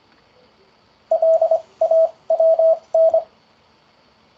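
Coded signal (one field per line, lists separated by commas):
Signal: Morse code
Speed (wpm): 25 wpm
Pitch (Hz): 650 Hz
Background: none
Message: LAWN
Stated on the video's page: Morse word practice for beginners on the ZS-CW Beginner's Corner.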